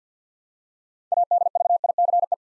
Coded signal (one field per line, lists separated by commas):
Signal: Morse code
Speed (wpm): 48 wpm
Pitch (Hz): 700 Hz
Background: none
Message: ADVICE